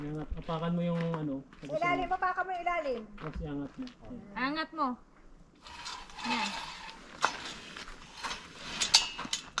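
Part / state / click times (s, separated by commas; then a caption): tent frame pole joint in the tent hub / seated / 9.6 s. A tent frame pole joint in the hub of a pop-up tent is lifted and pushed while the tent is set up, with someone talking over the first five seconds. Rustling and handling noise with a few sharp knocks follows. A sharp snap at 9.6 s marks the joint locking into place.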